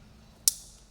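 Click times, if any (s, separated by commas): 0.5 s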